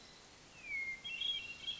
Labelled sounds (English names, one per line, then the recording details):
Hermit Thrush
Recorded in Sonoma County, California